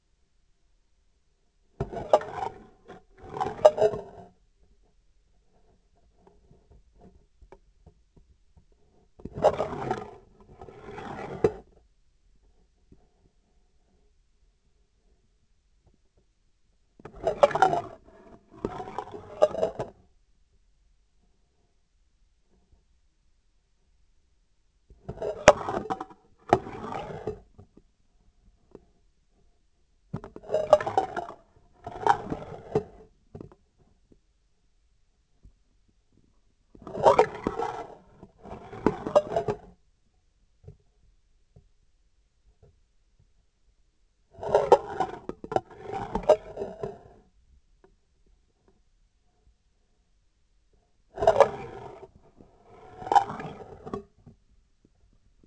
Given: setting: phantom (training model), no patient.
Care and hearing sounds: laparoscopic instrument, vibration sensor on the handle end; scissors; approaching and retracting movements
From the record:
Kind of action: spatial motion

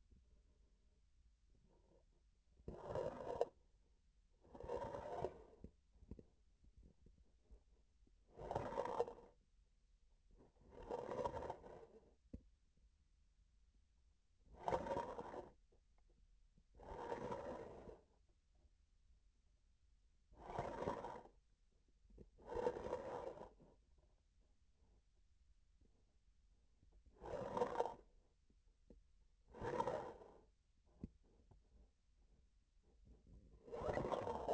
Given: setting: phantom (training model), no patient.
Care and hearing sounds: laparoscopic instrument, vibration sensor on the handle end; grasping forceps; approaching and retracting movements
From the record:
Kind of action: spatial motion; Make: other than Olympus

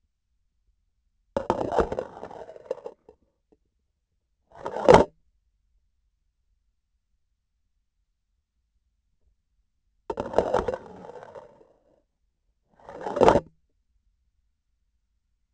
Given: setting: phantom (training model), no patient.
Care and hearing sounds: laparoscopic instrument, vibration sensor on the handle end; grasping forceps; insertion and removal through the trocar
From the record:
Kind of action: spatial motion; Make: other than Olympus

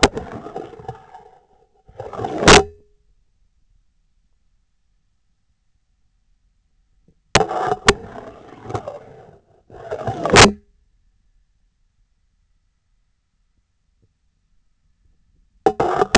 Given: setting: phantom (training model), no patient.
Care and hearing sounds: laparoscopic instrument, vibration sensor on the handle end; scissors; insertion and removal through the trocar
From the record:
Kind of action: spatial motion

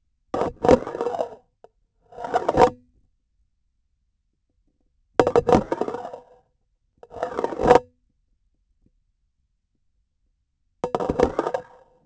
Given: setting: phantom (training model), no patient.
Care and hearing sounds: laparoscopic instrument, vibration sensor on the handle end; grasping forceps; insertion and removal through the trocar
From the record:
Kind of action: spatial motion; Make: Olympus

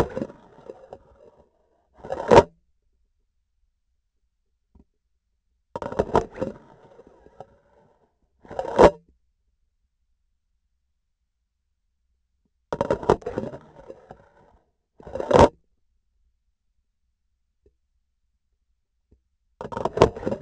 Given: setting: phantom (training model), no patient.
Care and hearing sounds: laparoscopic instrument, vibration sensor on the handle end; grasping forceps; insertion and removal through the trocar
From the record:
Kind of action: spatial motion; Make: other than Olympus

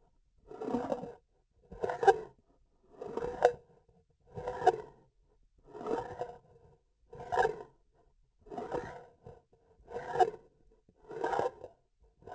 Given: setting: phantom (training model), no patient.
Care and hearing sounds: laparoscopic instrument, vibration sensor on the handle end; grasping forceps; approaching and retracting movements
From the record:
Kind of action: spatial motion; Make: Olympus

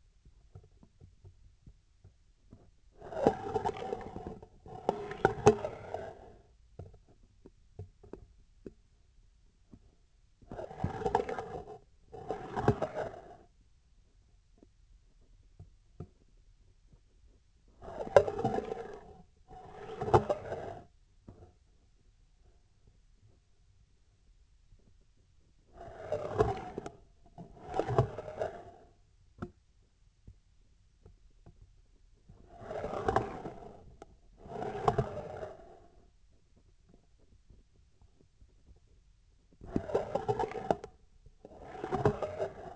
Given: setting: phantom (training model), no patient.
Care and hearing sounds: laparoscopic instrument, vibration sensor on the handle end; scissors; approaching and retracting movements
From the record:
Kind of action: spatial motion

